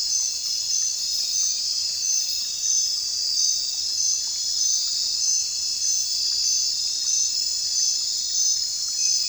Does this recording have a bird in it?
no